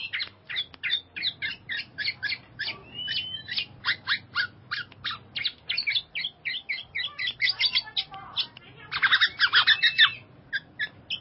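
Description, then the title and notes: Bird chirping in a long, fast series of sharp repeated notes, about three a second, ending in a denser burst of twittering. "Bird Sound. Kicau Burung Lengkap"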